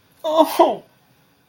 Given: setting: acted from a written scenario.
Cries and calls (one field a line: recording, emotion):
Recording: vocal sound without words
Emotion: sadness